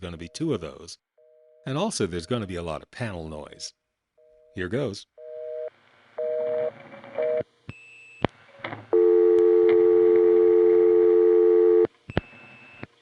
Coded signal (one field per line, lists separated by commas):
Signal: telephone call progress tone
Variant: North America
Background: speech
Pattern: dial tone